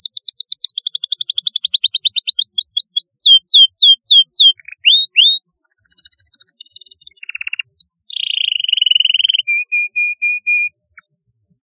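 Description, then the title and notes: Canary in long varied song: fast high trills, downslurred whistles, a buzzy rattle, then steady repeated short tones near the end. "Kicau Burung Kenari"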